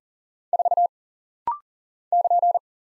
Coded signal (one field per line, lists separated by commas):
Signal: Morse code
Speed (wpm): 40 wpm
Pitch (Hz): 700 Hz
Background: none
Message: 4 <KN>